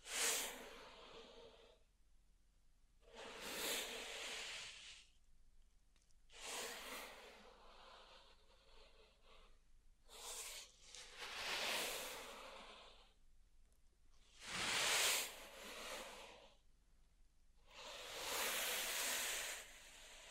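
Pink salt in a zen garden makes repeated bright, gritty swishes roughly every three seconds, separated by brief quiet pauses.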